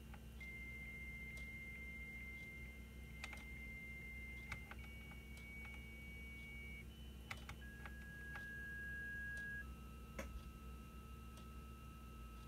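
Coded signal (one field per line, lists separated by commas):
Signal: dial-up modem handshake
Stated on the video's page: Internal modem of a Windows 98 Pentium II PC.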